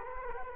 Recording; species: mosquito wingbeat signal from an infrared sensor; Culex quinquefasciatus